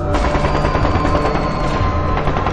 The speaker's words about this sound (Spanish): Y entonces empiezan los primeros disparos.